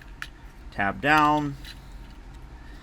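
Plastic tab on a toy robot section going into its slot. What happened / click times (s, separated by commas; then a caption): A small plastic tab snapped down into its slot / 0.2 s. A plastic tab on a section of a Transformers Legacy Evolution Leader Class Nova Prime action figure is pushed down into its slot during transformation, making a short, sharp click at 0.2 s. The tab seats in place, and someone talks over it.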